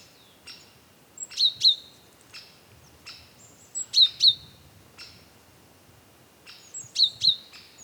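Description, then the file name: Great tit repeating crisp doubled call notes three times, each pair preceded by softer notes. "Parus major"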